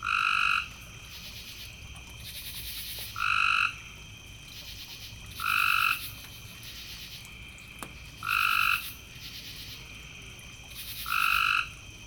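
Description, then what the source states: Frog calls, each a flat, clear tone about half a second long, repeated roughly every two and a half seconds, five in all, over a pulsing high hissing background. Several frogs, recorded in the evening.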